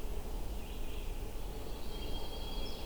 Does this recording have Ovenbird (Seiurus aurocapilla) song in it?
no